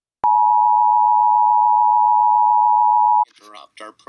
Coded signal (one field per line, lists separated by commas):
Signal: Emergency Alert System (SAME) tones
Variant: 853 and 960 Hz attention tone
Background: speech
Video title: Invasion of US - Part 1 [EAS Mock]